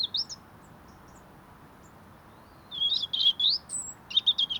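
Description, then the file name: European robin with a brief high note, then a longer phrase of rising and falling warbles ending in rapid thin trills. "Erithacus rubecula"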